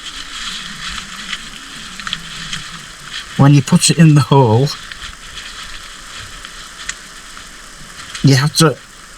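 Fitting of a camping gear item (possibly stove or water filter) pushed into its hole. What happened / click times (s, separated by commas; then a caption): The part is being handled and has not clicked into its socket yet / none. A part of a camping gear item, possibly a stove or water filter, is being handled for fitting into its hole. Someone talks over a steady background hiss with a few faint ticks and taps. Nothing has seated or clicked yet.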